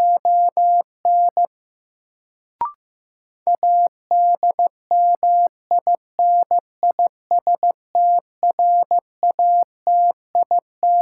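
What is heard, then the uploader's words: A word sent in Morse code as a steady mid-pitched tone broken into short and long beeps, with one brief click near the third second. First, the word is sent in Morse code. 15wpm.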